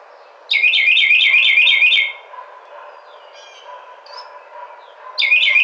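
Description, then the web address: Carolina wren song: a loud burst of rapidly repeated warbling phrases, a pause with faint bird notes, then the song starts again. Recorded 30 April 2009. "Carolina Wren 2009 04 30"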